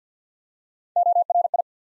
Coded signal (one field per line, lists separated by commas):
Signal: Morse code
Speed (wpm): 50 wpm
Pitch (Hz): 700 Hz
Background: none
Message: ORI